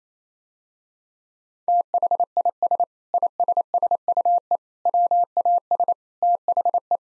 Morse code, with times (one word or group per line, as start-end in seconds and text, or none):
1.7-2.8 THIS
3.1-4.6 ISSUE
4.9-5.9 WAS
6.2-7.0 THE